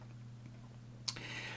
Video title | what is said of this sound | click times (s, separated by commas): Samsung Refrigerator Ice Dispenser Flap Repair | snaps in place in two places so | 1.1 s